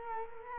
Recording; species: mosquito wingbeat signal from an infrared sensor; Culex quinquefasciatus